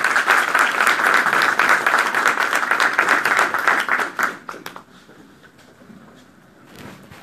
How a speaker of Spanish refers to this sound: Lo recibimos también con un fuerte aplauso.